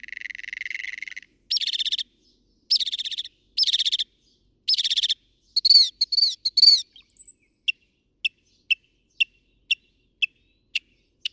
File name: Northern Mockingbird